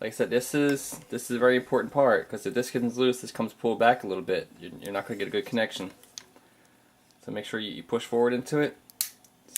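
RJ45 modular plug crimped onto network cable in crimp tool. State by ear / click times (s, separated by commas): seated / 9.0 s, 9.6 s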